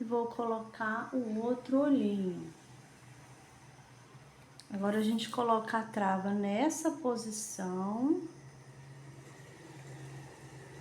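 The plastic lock washer of a 9 mm safety eye is placed on the eye's post inside a crocheted doll head and lined up before being pushed home, while someone talks in two stretches with a quiet pause between. Nothing has seated or clicked yet.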